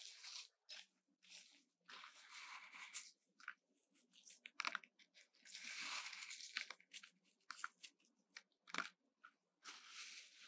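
Bath bombs fizz and crackle in irregular bursts, each a bright, dense hiss lasting a second or so before cutting off into near silence. Softer crunchy crackles fill the gaps, and a sharp snap stands out near the nine-second mark.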